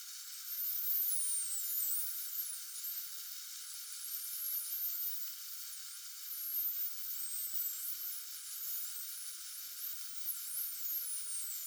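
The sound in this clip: Common dolphins whistling, many high looping and rising-falling whistles overlapping throughout, with constant hissing water noise underneath.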